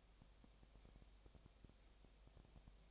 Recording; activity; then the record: daily activity, microphone in the room; no activity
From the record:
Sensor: 1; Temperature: 19.8 degrees Celsius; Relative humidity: 37.9%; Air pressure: 998.8 hPa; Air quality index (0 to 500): 233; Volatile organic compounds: 134 ppm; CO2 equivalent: 3949 ppm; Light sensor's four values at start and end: 1/2/1/1 and 1/2/1/1